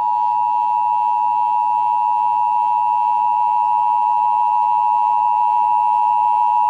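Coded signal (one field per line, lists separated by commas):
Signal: Emergency Alert System (SAME) tones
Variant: 853 and 960 Hz attention tone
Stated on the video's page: Texas Required Monthly Test as carried on AM, TV and FM broadcast stations.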